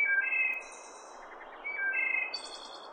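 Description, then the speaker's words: Wood thrush song: clear, flute-like low notes followed by a high, buzzy trill, the phrase given twice within three seconds. Song described as clear as a bell, ending in a staccato machine gun-like trill; bird less frequent at backyard feeders than some others. "Chances are pretty good you've heard its clear as a bell call that ends with a staccato machine gun-like trill."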